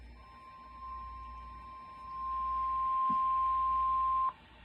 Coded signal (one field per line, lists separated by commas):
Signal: Emergency Alert System (SAME) tones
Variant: 1050 Hz attention tone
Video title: [EAS] Severe Thunderstorm Warning 6/14/24 (voice reveal)